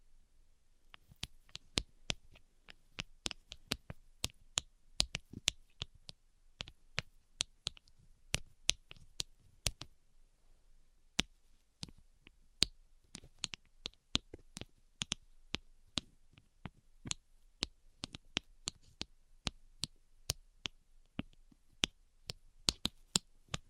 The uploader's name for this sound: Tapping Tingle Immunity Treatment (No Talking)